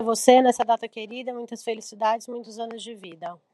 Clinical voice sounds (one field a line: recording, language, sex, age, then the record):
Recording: short text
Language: Brazilian Portuguese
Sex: female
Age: 40 to 49 years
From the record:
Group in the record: control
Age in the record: 40 years